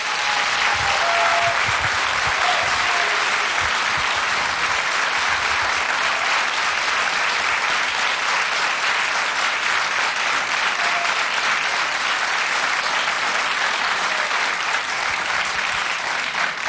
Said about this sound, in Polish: To piękni ludzie. Dla nich też brawa.